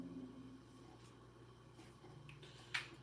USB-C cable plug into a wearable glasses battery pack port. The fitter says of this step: once it clicks into place as it just has